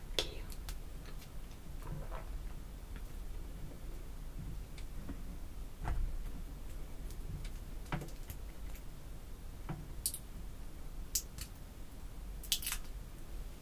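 Artificial nails tap on perfume bottles, lids and similar objects in quick, uneven bursts of small clicks that continue throughout. Around ten to thirteen seconds several sharper, brighter taps stand out, over a faint steady low hum.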